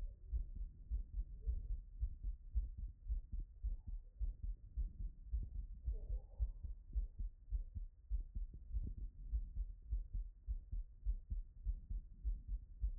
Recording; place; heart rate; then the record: heart sounds by stethoscope; Erb's point; 105 bpm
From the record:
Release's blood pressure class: hypertension stage 1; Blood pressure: 135/83 mmHg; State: after exercise